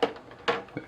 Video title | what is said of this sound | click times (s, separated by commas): Xerox Versalink C500 Color Laser Printer Tips and Tricks | it clicks in a little tricky not too bad there we go I think all right yeah | 0.0 s, 0.5 s